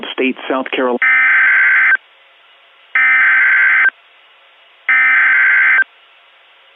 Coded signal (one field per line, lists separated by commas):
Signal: Emergency Alert System (SAME) tones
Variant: header bursts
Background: speech